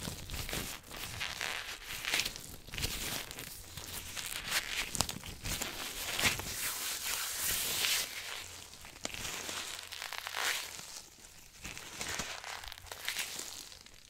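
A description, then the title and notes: Glove sounds: busy crinkling and rubbing with frequent sharp crackles and snaps throughout. The texture is dense and irregular, brightest and loudest around the middle, with brief quieter gaps near ten and twelve seconds. ASMR Glove Sounds For Tingles & Sleep.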